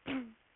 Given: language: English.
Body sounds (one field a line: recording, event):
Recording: throat vibration sensor signal played as sound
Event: throat clearing